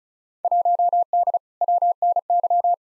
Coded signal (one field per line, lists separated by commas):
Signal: Morse code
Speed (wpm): 36 wpm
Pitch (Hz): 700 Hz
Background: none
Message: 1D WNY